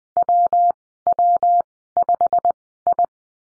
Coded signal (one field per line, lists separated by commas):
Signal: Morse code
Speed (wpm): 20 wpm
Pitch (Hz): 700 Hz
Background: none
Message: WW5I